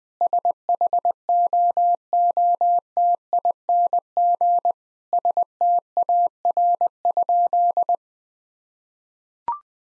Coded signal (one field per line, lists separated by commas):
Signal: Morse code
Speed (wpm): 20 wpm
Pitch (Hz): 700 Hz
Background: none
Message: SHOOTING STAR?